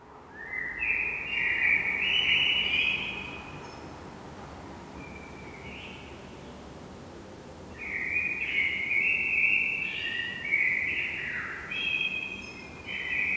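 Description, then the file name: Common blackbird delivering several fluting, melodious phrases separated by short pauses, some finishing with brief high squeaky flourishes. "Turdus merula"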